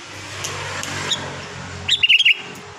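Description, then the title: Sooty-headed bulbul song: one brief burst of quick, liquid whistled notes over steady low rumbling noise. "Kutilang"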